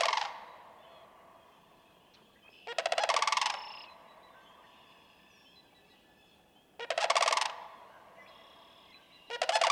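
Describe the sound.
Sandhill crane calls: coarse, trilled rattles of under a second, four bursts spaced irregularly, a few seconds apart, over a low steady background hiss.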